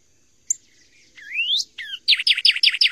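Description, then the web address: Northern cardinal: a sharp chip, a long rising whistled slur, a short falling note, then a quick series of repeated down-slurred whistles. "Songs of Birds of North America Stokes. Northern Cardinal"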